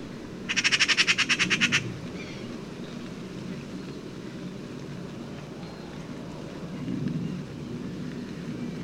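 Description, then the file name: Eurasian magpie giving a loud, rapid machine-gun chatter of about a dozen harsh notes, followed by quiet background rumble. "Pica pica"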